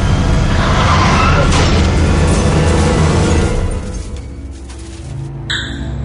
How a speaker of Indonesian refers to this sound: Aku berteriak dan motorku mulai oleng tiba-tiba. Motorku terjatuh di basement itu.